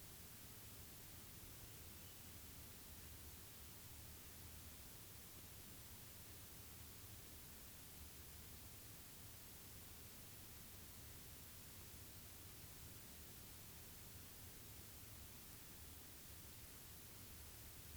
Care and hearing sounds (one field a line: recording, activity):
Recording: daily activity, guitar pickup as the sensor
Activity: sit